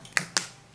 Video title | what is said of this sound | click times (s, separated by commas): Switcheasy Cover Buddy Review | pop it in there until you hear a snap | 0.2 s, 0.4 s